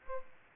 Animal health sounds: mosquito wingbeat signal from an infrared sensor; Aedes aegypti

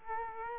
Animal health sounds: mosquito wingbeat signal from an infrared sensor; Culex quinquefasciatus

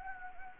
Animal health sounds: mosquito wingbeat signal from an infrared sensor; Anopheles gambiae

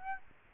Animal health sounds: mosquito wingbeat signal from an infrared sensor; Aedes aegypti

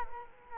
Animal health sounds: mosquito wingbeat signal from an infrared sensor; Culex quinquefasciatus

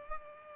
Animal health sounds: mosquito wingbeat signal from an infrared sensor; Culex pipiens

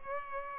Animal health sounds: mosquito wingbeat signal from an infrared sensor; Culex pipiens

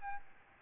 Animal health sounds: mosquito wingbeat signal from an infrared sensor; Aedes albopictus

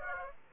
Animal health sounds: mosquito wingbeat signal from an infrared sensor; Aedes aegypti

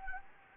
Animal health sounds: mosquito wingbeat signal from an infrared sensor; Anopheles gambiae

